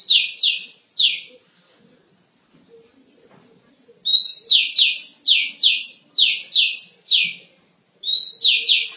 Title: Suara Kicauan Burung Kacer